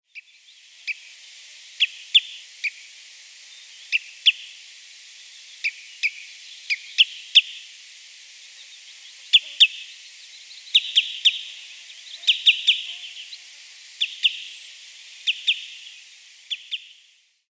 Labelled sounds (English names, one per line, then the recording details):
Wood Sandpiper
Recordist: Frommolt, Karl-Heinz
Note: Rufe am Nistplatz